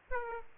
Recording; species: mosquito wingbeat signal from an infrared sensor; Aedes aegypti